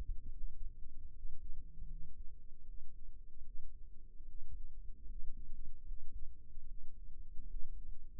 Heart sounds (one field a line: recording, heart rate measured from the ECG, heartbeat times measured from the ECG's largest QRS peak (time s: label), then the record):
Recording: heart sounds by microphone in the right ear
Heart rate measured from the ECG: 76 bpm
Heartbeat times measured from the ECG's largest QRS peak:
0.32 s: heartbeat
1.11 s: heartbeat
1.87 s: heartbeat
2.64 s: heartbeat
3.43 s: heartbeat
4.26 s: heartbeat
5.06 s: heartbeat
5.84 s: heartbeat
6.65 s: heartbeat
7.47 s: heartbeat
From the record:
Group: healthy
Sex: male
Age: 22 years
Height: 181 cm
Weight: 79 kg